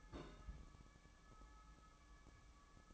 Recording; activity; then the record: daily activity, microphone in the room; place on stove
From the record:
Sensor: 1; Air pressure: 1008.1 hPa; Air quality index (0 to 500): 130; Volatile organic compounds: 2 ppm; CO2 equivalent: 1098 ppm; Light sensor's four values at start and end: 8/18/7/8 and 8/18/7/8